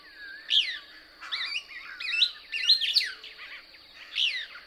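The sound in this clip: Couch's Kingbird twitter: a sharp opening note, then wavering, stepped chirps rising into a loud burst and a final call, over a steady high hum.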